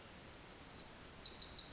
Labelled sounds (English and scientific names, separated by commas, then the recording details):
Pacific Wren (Troglodytes pacificus)
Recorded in Sonoma County, California